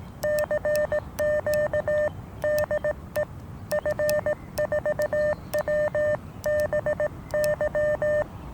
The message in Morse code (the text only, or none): CQ DE F4WBY